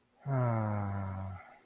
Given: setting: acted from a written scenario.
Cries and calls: vocal sound without words; contentment

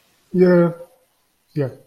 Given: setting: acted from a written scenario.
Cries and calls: vocal sound without words; neutral

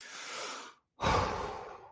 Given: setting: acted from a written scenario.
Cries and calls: vocal sound without words; relief

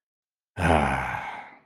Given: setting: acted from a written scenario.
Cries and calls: vocal sound without words; serenity

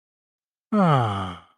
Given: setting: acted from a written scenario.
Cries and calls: vocal sound without words; serenity

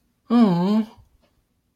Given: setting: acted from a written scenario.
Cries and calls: vocal sound without words; sympathy

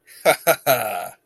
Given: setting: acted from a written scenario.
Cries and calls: vocal sound without words; triumph

